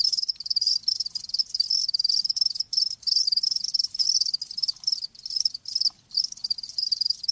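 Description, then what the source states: Cricket chirping, a dense high trill in rapid pulsing bursts with brief gaps. Live crickets chirping with a lulling song.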